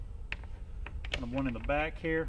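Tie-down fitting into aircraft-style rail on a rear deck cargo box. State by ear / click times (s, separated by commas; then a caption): seated / 0.3 s. A tie-down fitting is pushed into the slots of an aircraft-style rail on a rear deck cargo box, slid half a length and released. It locks into place with a sharp metallic click at 0.3 s, followed by a few lighter clicks. Someone talks afterward.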